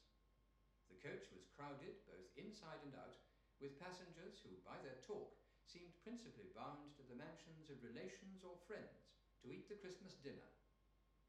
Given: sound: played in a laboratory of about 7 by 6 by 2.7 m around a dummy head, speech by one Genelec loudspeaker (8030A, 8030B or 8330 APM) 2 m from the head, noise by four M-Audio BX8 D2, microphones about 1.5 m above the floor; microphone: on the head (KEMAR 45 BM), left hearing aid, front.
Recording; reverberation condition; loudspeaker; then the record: male speech in English; medium; in front (0 degrees)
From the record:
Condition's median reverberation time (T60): about 510 ms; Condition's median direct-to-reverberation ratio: about -0.5 dB